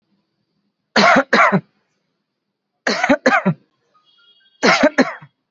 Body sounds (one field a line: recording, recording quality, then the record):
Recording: heavy voluntary cough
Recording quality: excellent, no background noise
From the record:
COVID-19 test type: RT-PCR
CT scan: not taken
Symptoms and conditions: none ticked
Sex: male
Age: 28 years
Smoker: no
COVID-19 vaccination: both doses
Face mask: worn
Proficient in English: yes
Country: India